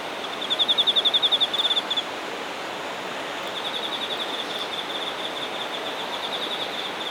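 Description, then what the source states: An insect gives a loud, rapid burst of high pulses for about one and a half seconds, then softer high trilling continues over a broad background hiss. Singing insects recorded in Shinagawa, Japan.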